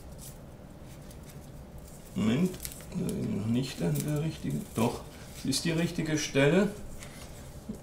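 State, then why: Not seated. Punched paper tape is placed onto the pins of a two-part splicing device, with its sprocket holes engaged, and checked for the right spot before the device is pressed shut. Someone talks over faint handling sounds. Nothing has seated or clicked yet.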